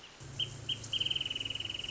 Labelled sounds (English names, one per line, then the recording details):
Wrentit
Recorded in Sonoma County, California